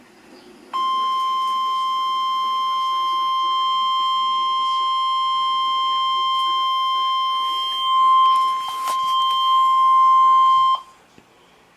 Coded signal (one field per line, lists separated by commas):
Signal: Emergency Alert System (SAME) tones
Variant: 1050 Hz attention tone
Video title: EAS Alert #332 (SVR)